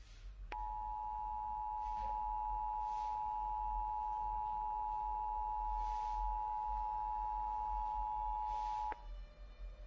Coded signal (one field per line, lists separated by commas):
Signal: Emergency Alert System (SAME) tones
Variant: 853 and 960 Hz attention tone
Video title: Tornado EAS Scenario: US Kansas